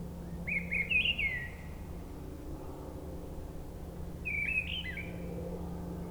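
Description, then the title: Mistle Thrush song: two short warbled, fluty phrases about four seconds apart, with a steady low hum behind. Brison-Saint-Innocent, France; forest edge, singing perched high in a treetop; frequent aircraft passing from nearby airport; Sunday; grey weather, 10°C. "Brison-Saint-Innocent, France - Grive draine"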